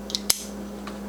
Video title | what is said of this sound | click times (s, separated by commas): Jr. Zen Pen & O.B. Shine Juice! Gift for someone. Turning on my WEN Wood Lathe | so it doesn't click in it's got a little magnetic action there that's pretty pretty | 0.3 s